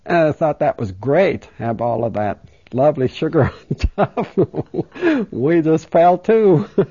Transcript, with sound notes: thought that was great to have all of that lovely sugar on top. (She laughs.) We just fell too.